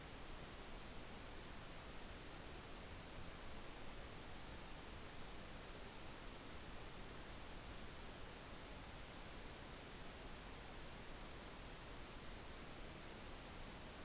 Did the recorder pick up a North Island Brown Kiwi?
no